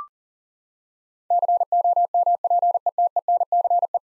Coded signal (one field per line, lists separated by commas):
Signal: Morse code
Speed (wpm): 37 wpm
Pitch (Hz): 700 Hz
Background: none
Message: COMPETENCE